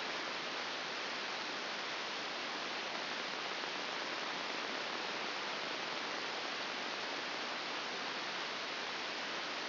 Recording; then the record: brain microelectrode recording played as sound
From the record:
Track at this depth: inside the subthalamic nucleus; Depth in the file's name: 0.601 mm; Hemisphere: left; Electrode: 2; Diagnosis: Parkinson's disease